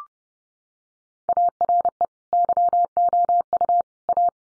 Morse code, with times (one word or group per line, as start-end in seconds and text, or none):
1.3-2.1 ARE
2.3-3.8 YOU
4.1-4.3 A